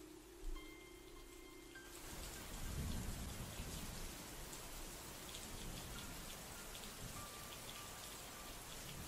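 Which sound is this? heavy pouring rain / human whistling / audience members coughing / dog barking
heavy pouring rain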